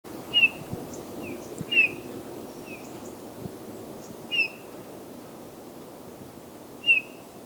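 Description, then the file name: Eurasian bullfinch, soft piping whistles heard several times, spaced irregularly, with low outdoor noise behind. "Pyrrhula pyrrhula"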